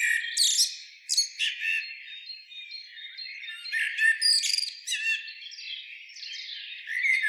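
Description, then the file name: Common blackbird uttering a nearly continuous run of high, scratchy chirps and short whistles. "Turdus merula"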